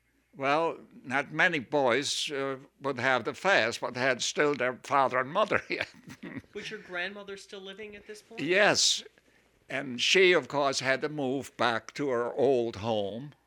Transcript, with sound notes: well, that many boys would have to face, but had still their father and mother here. (he laughs)
Was your grandmother still living at this point?
Yes, and she, of course, had to move back to her old home